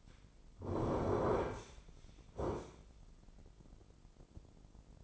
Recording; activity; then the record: daily activity, microphone in the room; sit down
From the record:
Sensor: 5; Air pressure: 996.1 hPa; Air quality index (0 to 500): 246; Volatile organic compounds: 490 ppm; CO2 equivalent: 4806 ppm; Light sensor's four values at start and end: 175/417/177/194 and 174/417/177/194